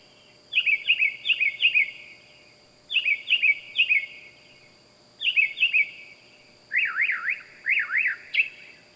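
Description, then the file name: Bird song: clusters of three or four quick descending whistles, repeated, then zigzagging trilled phrases, all above a steady high tone. Wild bird calling loudly at night. "Loud Night Bird Animals Wild"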